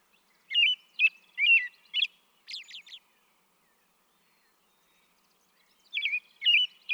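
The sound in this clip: American robin singing bursts of short whistled, warbling phrases, followed by a few thin high notes, a pause of silence, then a few more caroling phrases.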